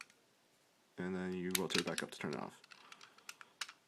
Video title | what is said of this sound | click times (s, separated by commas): DX Fourze Driver Review | to turn this one on you just rotate it down till it clicks | 0.0 s